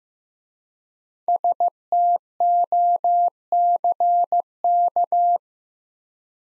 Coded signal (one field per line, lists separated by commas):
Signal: Morse code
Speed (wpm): 15 wpm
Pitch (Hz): 700 Hz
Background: none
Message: STOCK